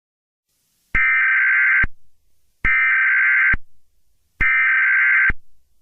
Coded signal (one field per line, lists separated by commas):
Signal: Emergency Alert System (SAME) tones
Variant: header bursts